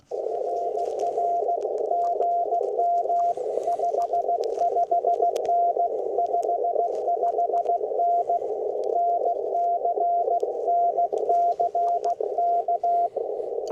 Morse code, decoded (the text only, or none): RR GM 55N 55N NC NCK